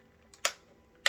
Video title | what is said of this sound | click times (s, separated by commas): Shark Vertex Pro Powered Lift-Away Cordless Vacuum with IQ Display & DuoClean UNBOXING! | yeah so it's just a little click right here and this pops out | 0.4 s, 1.1 s